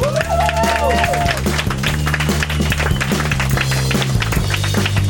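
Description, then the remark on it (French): An audience applauds unprompted after a radio chronicle segment, steadily for several seconds, a dense wash of clapping that stays loud throughout, blended with a musical jingle carrying sustained low tones and a brief melodic line at the start. “Même pas eu besoin de leur dire d'applaudir.”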